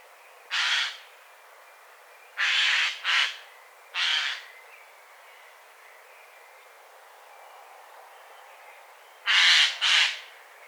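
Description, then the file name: Eurasian jay calling with loud, grating screeches, single and doubled, about six in ten seconds, the gaps otherwise quiet. "Garrulus glandarius"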